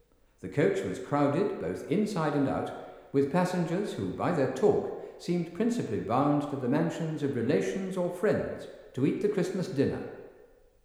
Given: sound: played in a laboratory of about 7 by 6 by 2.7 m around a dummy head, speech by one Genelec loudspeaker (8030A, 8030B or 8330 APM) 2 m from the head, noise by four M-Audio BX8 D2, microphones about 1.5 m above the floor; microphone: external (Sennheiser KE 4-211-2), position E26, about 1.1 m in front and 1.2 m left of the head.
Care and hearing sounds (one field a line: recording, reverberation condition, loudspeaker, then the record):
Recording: male speech in English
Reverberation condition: high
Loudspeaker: 30 degrees to the left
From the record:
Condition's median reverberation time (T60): about 1300 ms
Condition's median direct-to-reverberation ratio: about -4.0 dB